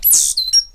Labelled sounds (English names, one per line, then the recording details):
Stitchbird song
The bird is a male
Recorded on Tiritiri Matangi Island, New Zealand, in 2005
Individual 8, of nest box 10